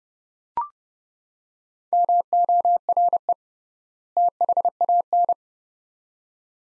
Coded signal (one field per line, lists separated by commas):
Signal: Morse code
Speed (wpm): 30 wpm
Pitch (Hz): 700 Hz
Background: none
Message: MORE THAN